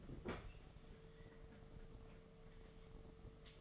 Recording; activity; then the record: daily activity, microphone in the room; open fridge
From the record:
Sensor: 4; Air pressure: 1015.8 hPa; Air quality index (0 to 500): 186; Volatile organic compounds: 9 ppm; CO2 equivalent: 2142 ppm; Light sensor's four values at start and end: 15/33/14/15 and 13/29/12/13